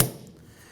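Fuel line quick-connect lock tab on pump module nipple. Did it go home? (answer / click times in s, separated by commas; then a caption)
yes / 0.0 s. The plastic quick-connect fitting of a fuel line is pushed onto the pump module nipple of a 2008-2011 Ford Focus 2.0L L4 fuel pump module assembly until it bottoms out, then its lock tab is pressed down. A single sharp snap is heard at 0.0 s, fading quickly into near silence. The tab snaps down, showing the line is fully seated, since the tab will not press down otherwise.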